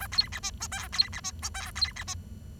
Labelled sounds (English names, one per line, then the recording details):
Bengalese Finch song
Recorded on 23 June 2012 at 11:08
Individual gr41rd51